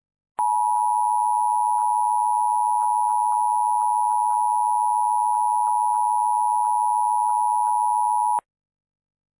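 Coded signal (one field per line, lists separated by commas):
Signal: Emergency Alert System (SAME) tones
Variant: 853 and 960 Hz attention tone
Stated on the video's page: Fictional mock EAS scenario that uses valid EAS tones.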